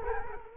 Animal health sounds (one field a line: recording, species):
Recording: mosquito wingbeat signal from an infrared sensor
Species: Culex quinquefasciatus